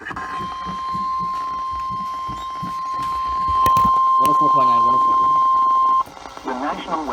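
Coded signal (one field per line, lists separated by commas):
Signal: Emergency Alert System (SAME) tones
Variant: 1050 Hz attention tone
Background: speech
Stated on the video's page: Real EAS alerts from August 24, 2020.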